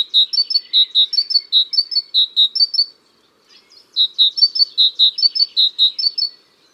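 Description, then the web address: Tit song of bright repeated two-note phrases, high and ringing, delivered in two bursts of roughly two to three seconds separated by a short pause. "Oiseaux 02 oiseau Mesange"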